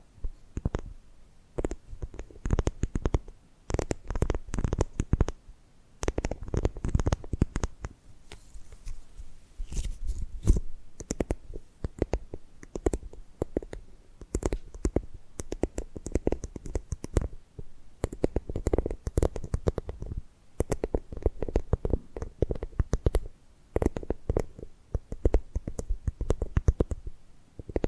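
Tapping and gripping sounds come in dense, irregular bursts of sharp clicks and taps throughout, with brief pauses around 2, 8 and 17 seconds. The hits are crisp and full-range, some thudding low, others scratchy, like fingers working a hard surface.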